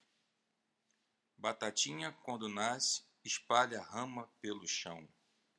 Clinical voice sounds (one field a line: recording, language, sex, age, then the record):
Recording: short text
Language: Brazilian Portuguese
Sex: male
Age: 30 to 39 years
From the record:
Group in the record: control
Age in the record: 39 years